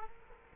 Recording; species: mosquito wingbeat signal from an infrared sensor; Culex quinquefasciatus